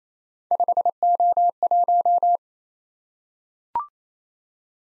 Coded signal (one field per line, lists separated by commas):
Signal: Morse code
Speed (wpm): 27 wpm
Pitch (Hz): 700 Hz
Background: none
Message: 5O1